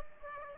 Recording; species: mosquito wingbeat signal from an infrared sensor; Aedes aegypti